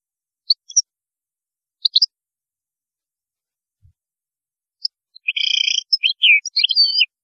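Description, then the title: European goldfinch with a few isolated chirps, then a rapid burst of buzzy, tinkling twittering at the end. "Chant Chardonneret"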